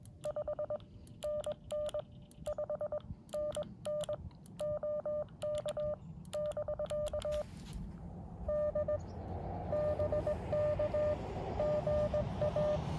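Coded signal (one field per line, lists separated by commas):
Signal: Morse code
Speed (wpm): 20 wpm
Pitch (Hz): 600 Hz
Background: none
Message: 5NN 5NN OK <BK> D BK GA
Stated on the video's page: Morse code park activation (POTA) at a state park using a Xiegu X6100 transceiver and an X-tenna end-fed antenna.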